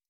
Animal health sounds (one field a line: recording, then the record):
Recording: hydrophone in a shrimp aquaculture tank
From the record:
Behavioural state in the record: stressed